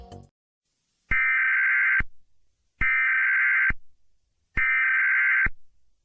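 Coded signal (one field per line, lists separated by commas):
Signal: Emergency Alert System (SAME) tones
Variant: header bursts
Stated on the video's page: Fictional EAS scenario/mock.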